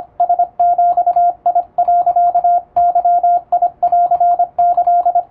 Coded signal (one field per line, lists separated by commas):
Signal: Morse code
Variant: Japanese Wabun code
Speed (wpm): 25 wpm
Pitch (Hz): 700 Hz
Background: radio noise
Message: ラビ、ゲンキ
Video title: 無線通信士のモールス電気通信術の練習で、エレキーを使ってみました！和文モールス符号の平文です！少し早いですが、YouTubeの再生速度を調整して聴いてみよう(morse code practice)